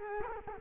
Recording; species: mosquito wingbeat signal from an infrared sensor; Culex quinquefasciatus